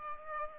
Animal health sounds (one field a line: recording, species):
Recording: mosquito wingbeat signal from an infrared sensor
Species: Culex pipiens